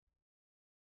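On a Dell Inspiron N5010 laptop, with the keyboard's bottom edge already tucked under the palm rest, the top edge of the plastic keyboard is pressed down onto its retaining clips. A brief low handling rumble is heard from about 0.1 to 0.2 s, then silence. Nothing has seated or clicked yet.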